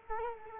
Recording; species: mosquito wingbeat signal from an infrared sensor; Culex quinquefasciatus